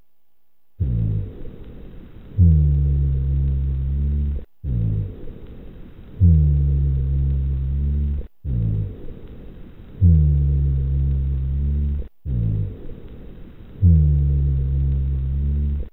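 Four breath cycles at about 16 breaths a minute in an adult, each with a low-pitched, snore-like continuous sound, beginning on inspiration and continuing through expiration. These are rhonchi, lower in pitch than wheezes, not whistling, and caused by airway secretions and airway narrowing.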